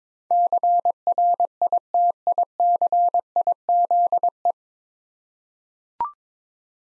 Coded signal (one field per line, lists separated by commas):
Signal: Morse code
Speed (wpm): 22 wpm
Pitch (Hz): 700 Hz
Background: none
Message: CRITICIZE